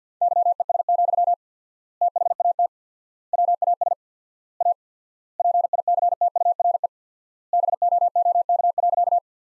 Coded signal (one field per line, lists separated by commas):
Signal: Morse code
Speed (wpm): 49 wpm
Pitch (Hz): 700 Hz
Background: none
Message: YES, THAT WAS A PICTURE BOOK.